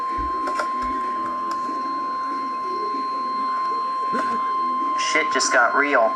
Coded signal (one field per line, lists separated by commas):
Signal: Emergency Alert System (SAME) tones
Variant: 1050 Hz attention tone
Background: speech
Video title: Severe Thunderstorm Warning EAS #48